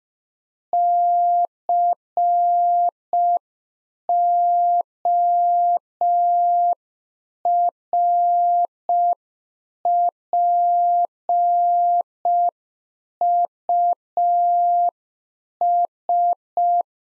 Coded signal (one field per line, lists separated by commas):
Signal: Morse code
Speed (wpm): 5 wpm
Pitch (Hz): 700 Hz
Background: none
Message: CORPUS